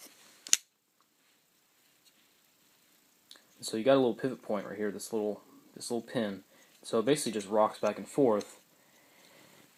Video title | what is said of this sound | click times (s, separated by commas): Difference between Liner lock, Frame lock and Lockback | so then to unlock it you just click that | 0.5 s